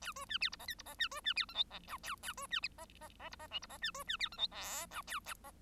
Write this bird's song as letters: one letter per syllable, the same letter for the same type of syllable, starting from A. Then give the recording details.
A B C D E F G E F C B C D H I J K A A B C F F F E F J E F C B C D H I L K A. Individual Bird1